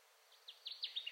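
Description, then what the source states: Connecticut warbler song fragment, a short run of sharp notes growing louder toward the end. Ten songs, recorded 2021-06-10.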